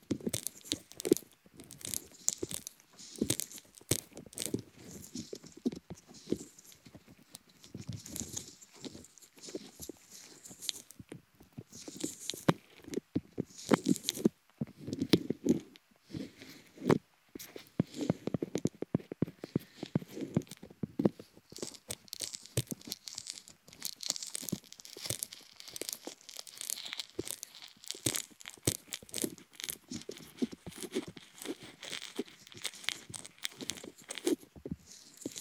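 Ear tickling sounds: dense, irregular crinkly rustling and scratching that crackles continuously for the whole stretch, with fuller, louder bursts around the middle.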